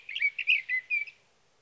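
Sage thrasher song, a short fragment of warbled and whistled notes lasting about a second, over light background hiss.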